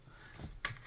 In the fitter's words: It sort of just clicks in place when it's in the right position.